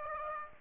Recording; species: mosquito wingbeat signal from an infrared sensor; Aedes aegypti